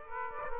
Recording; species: mosquito wingbeat signal from an infrared sensor; Aedes aegypti